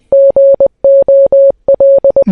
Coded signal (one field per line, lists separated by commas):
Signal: Morse code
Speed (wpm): 21 wpm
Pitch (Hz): 550 Hz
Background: none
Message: GOL